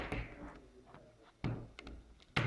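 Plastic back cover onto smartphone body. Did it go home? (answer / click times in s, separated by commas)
yes / 1.4 s, 1.8 s, 2.4 s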